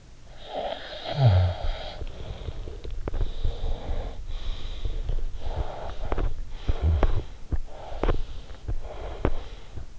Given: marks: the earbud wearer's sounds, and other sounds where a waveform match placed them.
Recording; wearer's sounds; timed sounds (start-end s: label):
sounds in sleep by an in-ear microphone; snoring breath, teeth grinding, breath
0.00-3.00 s: snoring breath
1.33-9.75 s: teeth grinding
2.85-9.91 s: breath